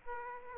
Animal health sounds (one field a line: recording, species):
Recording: mosquito wingbeat signal from an infrared sensor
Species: Aedes aegypti